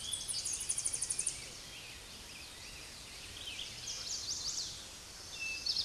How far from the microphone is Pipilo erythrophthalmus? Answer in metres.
about 35 m